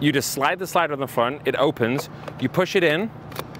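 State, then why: Not seated. Someone talks while an instant film pack is being pushed into the opened front film door of a Polaroid OneStep 2 instant camera. Two brief, sharp handling sounds occur at about 3.4 s and 3.6 s as the clip ends. The pack has not seated or clicked into place yet.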